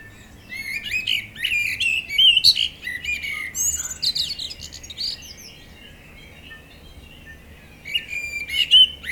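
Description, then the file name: Common blackbird singing a long run of rich, fluty warbling that ends in thin, high squeaks, then a pause before a shorter fresh phrase begins near the end. "Turdus merula"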